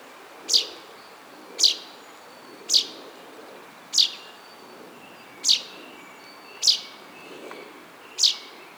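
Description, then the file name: Common chaffinch calling with crisp, high single notes, seven in sequence at slightly uneven gaps, against low background noise. "Fringilla coelebs"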